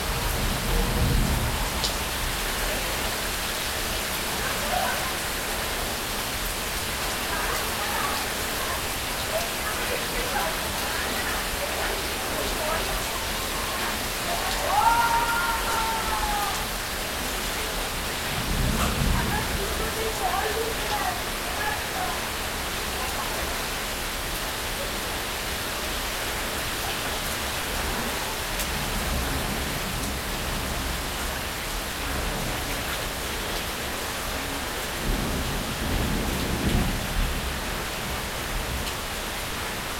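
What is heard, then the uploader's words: A steady, dense hiss of heavy rain fills an evening thunderstorm from start to finish. Low rumbles of thunder roll in briefly near the start, around twenty seconds, and again late on. A faint, wavering call rises above the downpour around fifteen seconds. North Kolkata Evening Thunderstorm.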